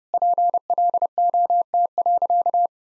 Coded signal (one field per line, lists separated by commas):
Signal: Morse code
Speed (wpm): 28 wpm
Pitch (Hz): 700 Hz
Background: none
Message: PLOT.